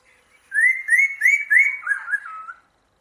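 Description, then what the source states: Songbird whistling a rapid series of bright upslurred notes, then a short lower warbled ending, lasting about two seconds. Master recording used to train songbirds.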